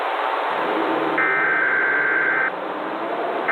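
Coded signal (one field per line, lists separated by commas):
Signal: Emergency Alert System (SAME) tones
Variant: header bursts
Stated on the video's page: Fictional analog horror EAS scenario with simulated alert tones about a red giant sun.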